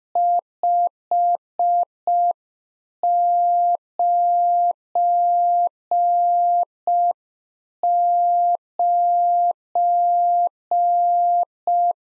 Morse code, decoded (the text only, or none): 599